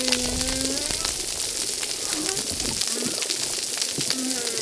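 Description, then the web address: Humpback whale song units: a long, steady low moan, then several short tonal notes, over constant crackling underwater hiss. Recorded at reef site 10. "RECIFS Recif 10 Humpback Whales"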